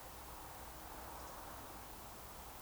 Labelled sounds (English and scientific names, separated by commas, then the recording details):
Eurasian Woodcock (Scolopax rusticola) whistle
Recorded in Baden-Württemberg, Germany, on 29 June 2020 at 02:30 UTC
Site 43791, 788 m above sea level